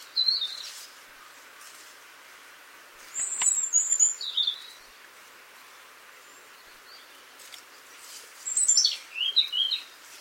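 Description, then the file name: European robin producing high, thin, wavering phrases in spaced bursts, some notes sliding down sharply, over a faint background hiss. "Erithacus rubecula"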